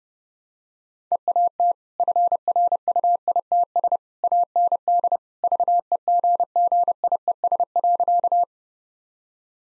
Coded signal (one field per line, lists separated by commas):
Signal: Morse code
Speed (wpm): 30 wpm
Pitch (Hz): 700 Hz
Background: none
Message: EAT FRUITS AND VEGGIES.